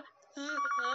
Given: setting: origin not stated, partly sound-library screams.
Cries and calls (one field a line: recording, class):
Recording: one-second piece from a danger detection set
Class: woman in danger